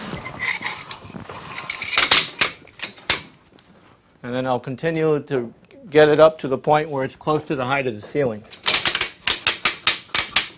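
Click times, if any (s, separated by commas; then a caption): 9.7 s, 10.4 s. A telescoping Mintie Technologies ECU2 frame upright is raised toward the ceiling, and its ratchet latch clicks as it engages each height notch, about a one-inch increment per click. Someone talks, then a harmonic tonal passage plays, followed by a run of sharp clicks. The latch seats into the next notch with clicks at 9.7 s and 10.4 s.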